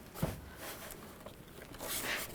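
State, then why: Not seated. The upper radiator hose quick-connect fitting is lined up on its plastic radiator neck on a 1998–2010 Volkswagen Beetle during an A/C condenser replacement. Soft handling rustles are heard, with a brief knock near 0.2 s and a faint tick around 0.9 s. The coupling has not been pushed home, and nothing has clicked yet.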